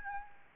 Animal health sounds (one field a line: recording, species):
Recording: mosquito wingbeat signal from an infrared sensor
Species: Aedes albopictus